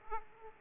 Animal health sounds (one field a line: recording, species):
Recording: mosquito wingbeat signal from an infrared sensor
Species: Aedes aegypti